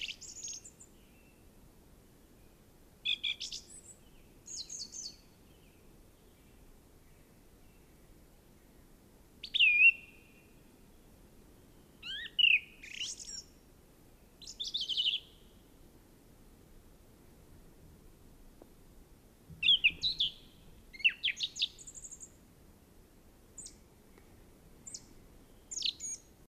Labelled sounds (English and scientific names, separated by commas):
Song Thrush (Turdus philomelos) song